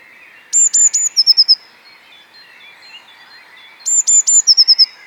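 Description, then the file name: Eurasian blue tit song, two high phrases each of three thin notes followed by a quick trill of about four notes, about three and a half seconds apart, with faint bird chatter behind. "Cyanistes caeruleus"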